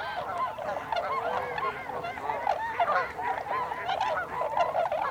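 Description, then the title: Tundra swan flock, dense overlapping bugling and hooting calls that carry on without a break. Recorded 26 December 2020. "2020 12 26 Tundra Swans"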